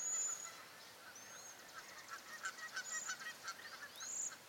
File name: Bombycilla cedrorum - Cedar Waxwing